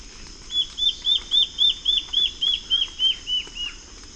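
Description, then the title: Black-faced antbird song: a clear series of about twelve downslurred whistled notes, evenly spaced, over a steady high hiss. Subspecies ochrolaemus, assumed from location. "LuckyPassaro Completos2Sama. Black-faced Antbird (Myrmoborus myotherinus ochrolaemus (ssp assumed from location))"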